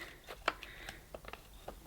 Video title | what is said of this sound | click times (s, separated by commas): Henry Quick Pet Cordless Vacuum Cleaner Unboxing & Demonstration | There we go, so that's clicked back into place. | 0.5 s